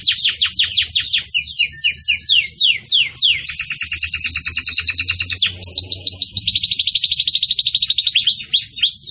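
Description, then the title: Belgian canary song of rapid descending sweeps flowing into fast buzzy trills, then a steady high rolling trill held for several seconds. Belgian canary song used for teaching breeding chicks (encarte de filhotes); 'campainha' style song. "Belíssimo Canto Do Canário Belga Campainha Para Encarte De Filhotes"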